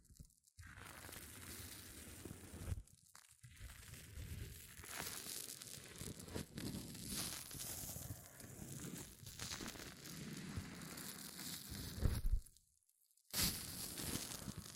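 Hair mousse fizzes and crackles in a dense, steady crinkling hiss, broken by brief silences near two seconds and thirteen seconds.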